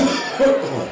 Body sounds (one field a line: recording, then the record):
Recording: coughing mixed with background sound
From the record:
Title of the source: Residual Phlegmy Morning Coughing and Gagging